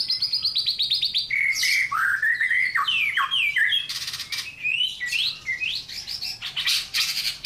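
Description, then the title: White-rumped shama song: a rapid buzzy trill, then varied whistled phrases sliding up and down, with sharp harsh chips and loud squeaky bursts near the end. Murai master song for training cage birds to sing, with lovebird-like notes. "Suara murai rasa lovebird"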